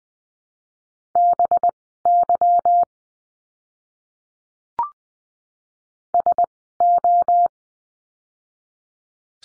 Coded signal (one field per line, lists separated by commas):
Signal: Morse code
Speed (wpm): 20 wpm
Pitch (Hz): 700 Hz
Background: none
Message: BY SO